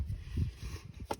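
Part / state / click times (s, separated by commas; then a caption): infant car seat base anchor clip onto vehicle anchor bar / seated / 1.1 s. A metal LATCH clip on an infant car seat base is attached to the vehicle's anchor bar, with soft low rustling and handling noise underneath. A sharp metallic snap at 1.1 s marks the clip seating onto the anchor.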